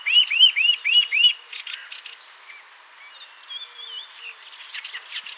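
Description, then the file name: Eurasian nuthatch uttering five loud, arched piping notes in quick succession, followed by scattered chirps and thin whistles from other birds. "Sitta europaea"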